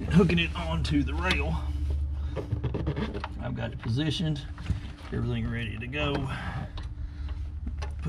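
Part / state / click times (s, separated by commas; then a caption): fuel return line connector onto fuel rail brass tower / seated / 6.8 s, 7.8 s. Someone talks while the plastic fuel return line quick-connect fitting is pushed down onto the brass tower on the driver-side fuel rail of a newer 6.7L Ford Powerstroke during a DCR pump install. Sharp clicks at 6.8 s and 7.8 s mark the fitting seating home over a steady low hum.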